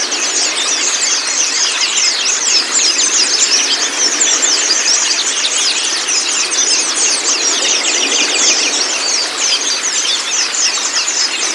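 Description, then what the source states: White-eye twittering: a steady wall of rapid, high, squeaky chirps, unbroken for the whole stretch. Meant to get a pleci to open its beak and start singing; 'masteran' training for the bird.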